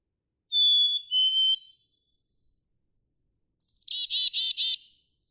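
Black-capped chickadee whistles one clear two-note fee-bee, high then lower, followed after a pause by a buzzy chick-a-dee-dee-dee call.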